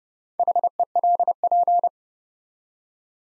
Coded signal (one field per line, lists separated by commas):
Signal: Morse code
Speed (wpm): 32 wpm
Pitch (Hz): 700 Hz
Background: none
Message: HELP